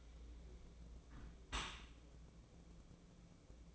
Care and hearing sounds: daily activity, microphone in the room; close dishwasher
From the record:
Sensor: 1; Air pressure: 1012.4 hPa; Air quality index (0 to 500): 171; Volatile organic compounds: 3 ppm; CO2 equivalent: 1396 ppm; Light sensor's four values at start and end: 296/668/297/321 and 291/655/291/314

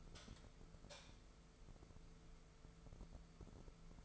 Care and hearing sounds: daily activity, microphone in the room; light on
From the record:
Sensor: 5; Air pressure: 1014.7 hPa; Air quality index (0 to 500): 156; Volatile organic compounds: 5 ppm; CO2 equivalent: 1718 ppm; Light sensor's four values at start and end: 185/441/188/207 and 185/444/189/208

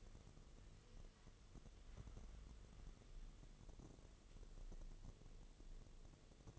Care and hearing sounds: daily activity, microphone in the room; wipe stove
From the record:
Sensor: 4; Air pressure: 1016.0 hPa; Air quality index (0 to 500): 102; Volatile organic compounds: 2 ppm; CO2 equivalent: 1149 ppm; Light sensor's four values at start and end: 9/19/7/7 and 9/19/7/7

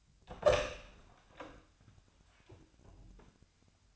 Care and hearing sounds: daily activity, microphone in the room; open door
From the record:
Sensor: 2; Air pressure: 1007.0 hPa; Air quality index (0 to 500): 193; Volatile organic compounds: 12 ppm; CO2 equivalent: 2366 ppm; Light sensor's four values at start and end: 10/23/10/10 and 10/23/10/10

